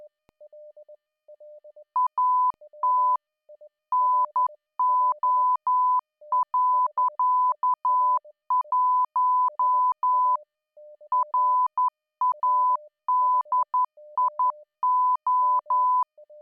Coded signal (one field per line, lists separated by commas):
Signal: Morse code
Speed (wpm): 11 wpm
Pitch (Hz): 1000 Hz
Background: none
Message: AT NO.1 RADIO